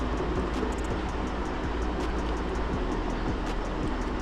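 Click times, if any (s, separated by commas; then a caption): none. The plastic pin-retainer lock of an ECU wiring harness connector on a Ninja H2 motorcycle is handled while being relocked after a wire is re-pinned, so that no wire can pull out. Steady broadband noise with faint light ticks runs throughout. Nothing has seated or clicked yet.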